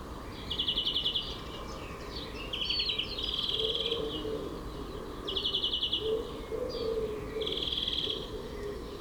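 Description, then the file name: European greenfinch giving repeated dry trills in short bursts, with faint lower notes beneath. "Chloris chloris"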